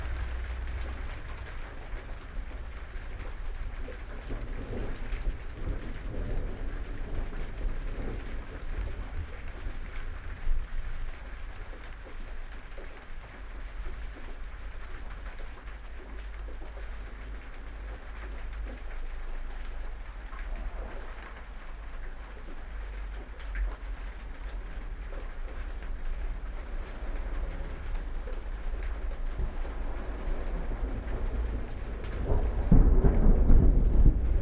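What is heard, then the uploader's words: Steady rain patters on a shed roof over a constant low rumble, then a loud, deep thunderclap bursts in during the final seconds. Thunderstorm. There is some clipping on the loudest of the thunder claps. Recorded in my shed. Somercotes, Derbyshire.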